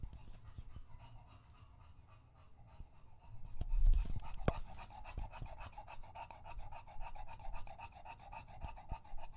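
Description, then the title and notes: English Bulldog panting heavily, fast breaths repeating several times a second, with a few louder sounds midway. Male English Bulldog named Lucho drinking from a water bowl after a long walk, heavily out of breath between drinks. "English Bulldog Drinks from Water Bowl - Weird Sounds. Lucho the English Bulldog as he tries to drink water after a long walk. Don't let his heavy breathing fool you in between drinks, he's equally out of breath from the walk"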